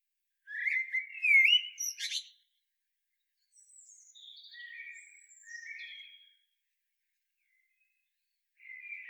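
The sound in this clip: Common blackbird song phrase, mellow whistled notes ending in a high scratchy flourish, followed by softer quieter warbling notes and a short faint phrase at the end.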